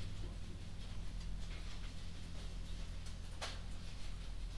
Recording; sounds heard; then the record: poultry house recording; no chicken sound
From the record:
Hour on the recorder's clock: 22